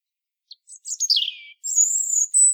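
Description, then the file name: European robin song: brief high chips and a descending glide, followed by a long, very high, thin sustained whistle ending on a separate pure note. "Erithacus rubecula"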